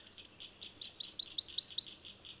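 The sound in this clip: Bird song of rapid, bright rising chirps, roughly eight in a row and swelling in volume, set against a continuous high-pitched drone.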